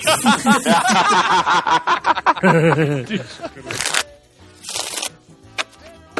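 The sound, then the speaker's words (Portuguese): People talk and chuckle for several seconds, then a deck of Spanish playing cards is shuffled in two short, crisp riffling bursts with a pause between them. “O meu baralho espanhol tá se esvaindo aqui.”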